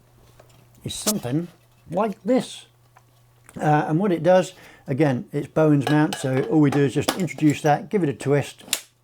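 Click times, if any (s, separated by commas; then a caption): none. A snoot light modifier is brought up to the Bowens mount of a Westcott FJ400 studio strobe and given a twist while someone talks, with faint handling ticks around 0.4, 0.8 and 3.0 seconds. The clip ends just before it goes home, so nothing has seated or clicked yet.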